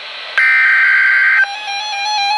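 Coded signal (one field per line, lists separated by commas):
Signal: Emergency Alert System (SAME) tones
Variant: header bursts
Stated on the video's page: NOAA Weather Radio alerts, a severe thunderstorm warning and a special marine warning, received back to back.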